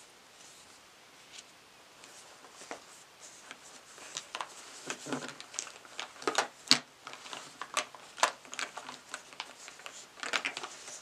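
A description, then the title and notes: Crinkling and tapping sounds: sharp, bright crackles and taps arrive irregularly, sparse and quiet for the first few seconds, then denser and louder from about four seconds on. The strongest snaps land near seven and eight seconds, over a faint steady hiss. In this episode I will be "unboxing" my beauty bag and tapping on each product.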